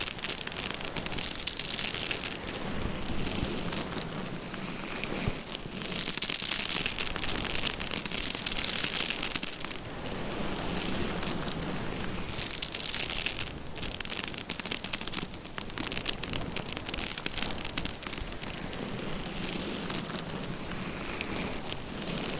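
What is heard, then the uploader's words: Long nails scratch steadily across a binaural microphone, making a dense, crackling rasp that runs without pause for the whole stretch. The scratching swells and eases in uneven waves, with sharper scrapes and brief bright bursts scattered throughout. No voice is heard. ASMR Binaural Mic Scratching - Brain Scratching No Talking for Sleep with Long Nails.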